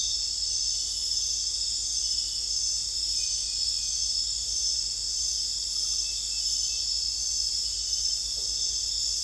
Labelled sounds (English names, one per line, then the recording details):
none
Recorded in secondary vegetation near Puerto Asís, Putumayo, Colombia, on 20 December 2024 at 23:00
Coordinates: 0.484, -76.319
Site GP06